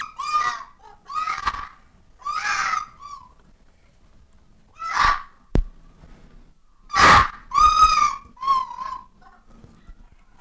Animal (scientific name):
Vulpes vulpes